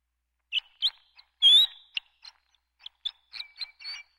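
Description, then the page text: Horned lark calls: several high, thin notes and one longer slurred note, sharp and scattered over four seconds. "Horned Lark. Quick Sounds"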